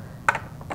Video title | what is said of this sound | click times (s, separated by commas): Hanna Photometer | line the arrows up until it clicks and then press Cal check so | 0.3 s